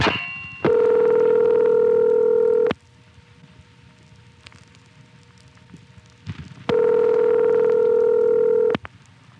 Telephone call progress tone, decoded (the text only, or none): ringback tone